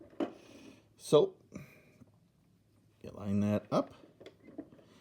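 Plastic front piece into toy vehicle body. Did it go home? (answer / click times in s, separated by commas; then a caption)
yes / 4.3 s. A plastic front piece is lined up by its tab and hole and pushed onto the body of a 1988 Cobra BUGG toy vehicle while someone talks. A sharp tap comes at 0.2 s and a softer one at 1.6 s, and the piece clicks into place at 4.3 s.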